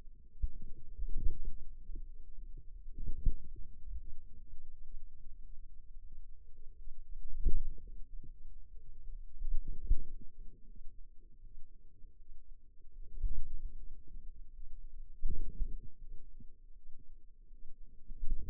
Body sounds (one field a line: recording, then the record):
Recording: forearm muscle sounds (acoustic myography)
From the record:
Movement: wrist extension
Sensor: system 2, bracelet of six BSWA MPA416 microphones around the upper forearm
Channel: 2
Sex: female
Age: 23 years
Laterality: right